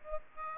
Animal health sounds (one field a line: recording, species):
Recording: mosquito wingbeat signal from an infrared sensor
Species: Aedes aegypti